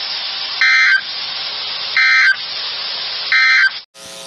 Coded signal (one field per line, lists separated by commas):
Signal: Emergency Alert System (SAME) tones